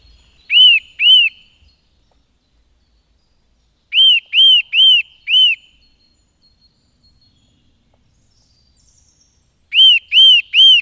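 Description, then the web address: Eurasian nuthatch, bursts of loud piping whistles in groups of two, four and three, separated by quiet pauses of a few seconds. "agykontroll Madardalok Cd 1. Csuszka"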